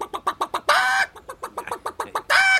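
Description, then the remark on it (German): A voice imitates clucking hens: quick runs of short, clipped clucks broken by two longer, higher squawking cackles, loud and rhythmic with no other talk. “Na ja, ein paar Hennen vielleicht. Ja. Solche nicht. Das sind ja Enten. Hennen gehen so.”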